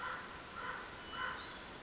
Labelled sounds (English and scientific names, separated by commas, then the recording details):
Common Raven (Corvus corax)
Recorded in Sonoma County, California